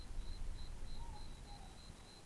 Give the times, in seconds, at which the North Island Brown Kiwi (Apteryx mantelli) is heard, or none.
none